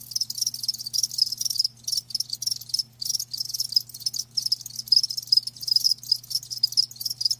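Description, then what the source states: Cricket chirping, shrill trilled bursts repeated in quick succession with brief pauses between, a low faint hum underneath. Live crickets chirping with a lulling song.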